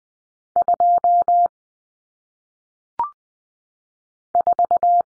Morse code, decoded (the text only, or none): 2 4